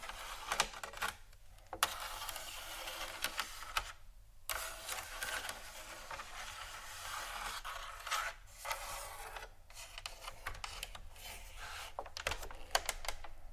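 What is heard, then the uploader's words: Dry scratching runs almost nonstop, a dense hissy rasp with sharp clicks and taps scattered through it. The strokes pause briefly near 2, 4 and 9 seconds, then resume at a fairly even pace and loudness, over a faint low rumble. ASMR 31 Scratching Triggers For Your Tingles（No Talking）.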